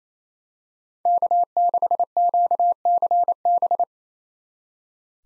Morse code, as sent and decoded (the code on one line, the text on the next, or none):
-.- -.... --.- -.-. -...
K6QCB